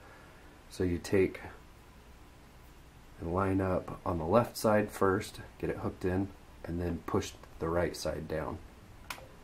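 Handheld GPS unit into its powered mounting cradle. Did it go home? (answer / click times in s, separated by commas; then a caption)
yes / 9.1 s. A Garmin Zumo 396 GPS unit is hooked into its powered motorcycle mounting cradle on the left side first, then the right side is pushed down while someone talks. It snaps into the cradle with a sharp click at 9.1 s and is seated.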